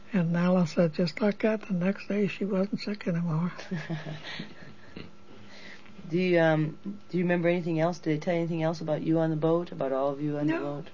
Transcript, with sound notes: And Alice said just like that, the next day she wasn't sick anymore.
(laughs) Do you um, do you remember anything else? Did they tell you anything else about you on the boat? About all of you on the boat?